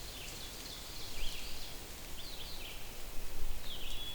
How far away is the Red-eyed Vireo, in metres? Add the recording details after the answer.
about 105 m. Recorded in boreal forest in Alberta, Canada, on 6 June 2016 at 06:55. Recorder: SongMeter 3, array SBT-3-51. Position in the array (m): 17 m, 90 m